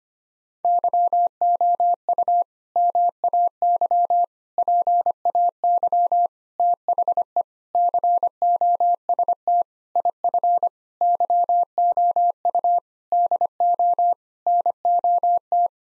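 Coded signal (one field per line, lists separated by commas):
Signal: Morse code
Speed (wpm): 25 wpm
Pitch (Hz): 700 Hz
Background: none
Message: YOU MAY PAY THE COST IF YOU DO NOT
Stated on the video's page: Morse practice set at 25 wpm: sentences of common eight-word phrases for head-copy drill.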